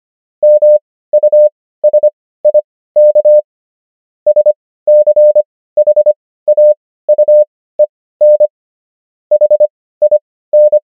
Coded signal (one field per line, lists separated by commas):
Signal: Morse code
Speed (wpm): 25 wpm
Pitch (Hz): 600 Hz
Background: none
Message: MUSIK SCHAUEN HIN